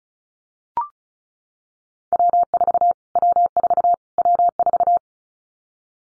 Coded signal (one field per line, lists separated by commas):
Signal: Morse code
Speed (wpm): 34 wpm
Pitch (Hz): 700 Hz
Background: none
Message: W4 W4 W4